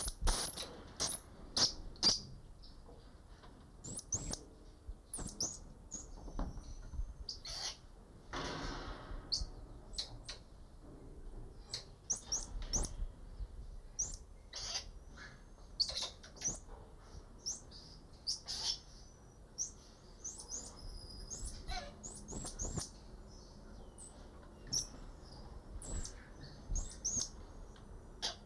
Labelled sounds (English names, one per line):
Common Squirrel Monkey call